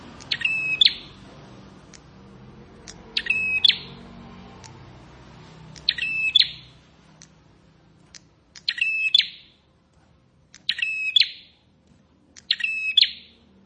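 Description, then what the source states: Plain prinia song: six raspy buzzing phrases spaced two to three seconds apart, with light ticks and low noise early on. Recording used for training cage birds.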